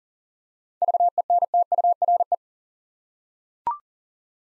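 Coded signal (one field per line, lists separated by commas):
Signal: Morse code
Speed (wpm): 39 wpm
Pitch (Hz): 700 Hz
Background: none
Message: VENTURE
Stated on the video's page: Morse code practice drill of 7-letter words at 40 wpm, each word sent twice, for head-copy and instant character recognition.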